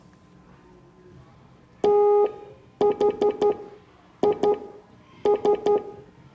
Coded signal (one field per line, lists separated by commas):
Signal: Morse code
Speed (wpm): 12 wpm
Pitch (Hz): 410 Hz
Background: none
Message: THIS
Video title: Morse Code Class 04